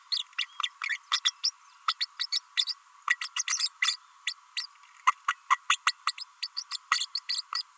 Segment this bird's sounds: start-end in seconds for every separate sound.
0.12-0.23, 0.38-0.45, 0.63-0.70, 0.89-0.98, 1.11-1.19, 1.25-1.32, 1.43-1.51, 1.88-1.93, 2.00-2.06, 2.19-2.26, 2.32-2.40, 2.67-2.74, 3.09-3.16, 3.21-3.28, 3.36-3.43, 3.58-3.69, 3.82-3.96, 4.27-4.33, 4.56-4.66, 5.07-5.12, 5.28-5.35, 5.50-5.57, 5.69-5.77, 5.86-5.92, 6.07-6.12, 6.18-6.24, 6.42-6.47, 6.56-6.63, 6.70-6.78, 6.91-7.05, 7.15-7.19, 7.29-7.42, 7.55-7.62